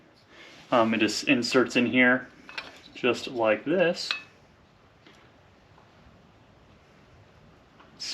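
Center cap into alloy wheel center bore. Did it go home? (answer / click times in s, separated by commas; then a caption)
yes / 8.0 s. Someone talks while a plastic center cap is pressed into the center bore of an aftermarket alloy wheel on a vintage Fiat 124 Spider roadster. After a quiet stretch with faint handling noises, the cap snaps into place and seats with a sharp click at 8.0 s.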